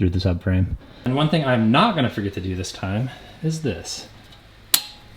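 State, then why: Seated. Someone talks while installing a Subaru EJ207 engine into an STI, working underneath the car on a step that was forgotten last time. A single loud, sharp click at 4.7 s marks a drivetrain part, likely the clutch release bearing engaging the pressure plate, locking fully into place.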